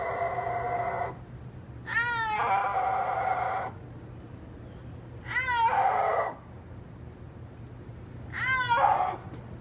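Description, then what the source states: Snow leopard yowls: drawn-out, wavering mewing cries with rising and falling harmonics, repeated a few times. Cannot roar, unlike tigers and lions; makes a mew-like yowl that communities say sounds like someone crying in the mountains, earning the nickname Ghost of the Mountains.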